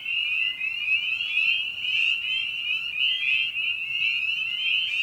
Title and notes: Episode 5: Night of the Peepers. Spring Peeper (Pseudacris crucifer)